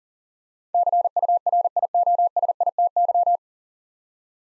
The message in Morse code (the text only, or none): CURIOSITY